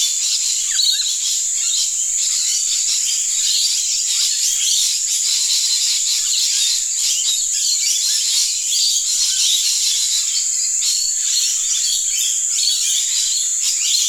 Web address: bandada de loritos en los arboles a poca distancia australia